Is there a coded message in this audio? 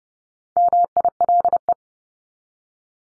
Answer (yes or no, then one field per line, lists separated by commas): yes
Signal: Morse code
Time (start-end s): 0.6-1.7 s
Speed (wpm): 30 wpm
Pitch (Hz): 700 Hz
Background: none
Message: MILE